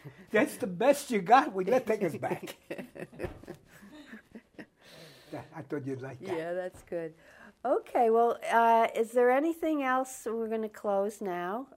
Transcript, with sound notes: That's the best you got you better take us back! (All laugh) I thought you'd like that.
(Laughing) Yeah that's good. Okay well is there anything else, we're going to close now.